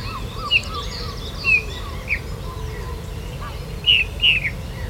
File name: Pyrrhula pyrrhula